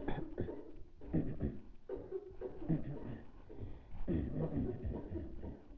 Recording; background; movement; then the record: throat clearing; a bystander coughing; sitting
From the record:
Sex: male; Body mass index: 23.7 kg/m2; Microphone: on the chest, facing the body